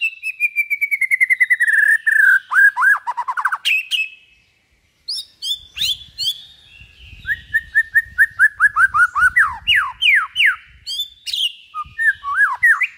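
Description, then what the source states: White-rumped shama song: a fast series of repeated whistled notes sliding downward, then varied rising slurs and sharp chirps after a short silence, with faint low rumbling. Used as a lure for trapping.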